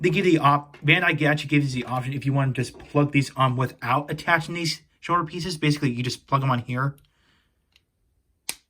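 Someone talks while plugging a plastic shoulder pad straight onto the shoulder peg of a Revice Remix Figure Series 02 Megalodon Genome and Eagle Genome action figure, without the separate shoulder pieces. After a faint tick at 7.8 s, a sharp click at 8.5 s marks the pad snapping into place, seated.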